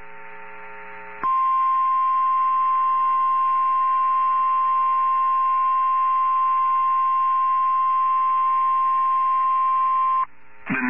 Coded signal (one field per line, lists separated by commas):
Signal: Emergency Alert System (SAME) tones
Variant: 1050 Hz attention tone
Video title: (VALID TONES) EAS Tornado Warning for Mobile Co. on NWR KEC61 3/30/22